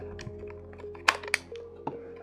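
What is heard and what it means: A second Godox AD200 portable flash unit, with a plastic/metal housing, is slid onto the other end of a Godox AD-B2 dual flash head adapter, also plastic/metal, until it snaps into place. Over a steady low hum and faint tones, two sharp clicks sound at 1.1 s and 1.3 s. The flash head is seated on the adapter.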